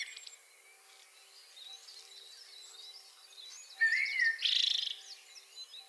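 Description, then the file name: Common blackbird song: a single fluted phrase breaking into a loud high twitter near the end, after a quiet stretch of faint birdsong. "Turdus merula"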